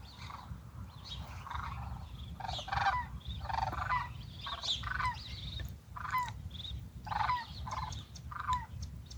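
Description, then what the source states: Cranes calling: a series of rolling, bugled notes repeated several times. Cranes flying overhead on their return migration.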